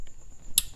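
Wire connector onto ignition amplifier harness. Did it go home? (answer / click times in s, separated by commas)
yes / 0.6 s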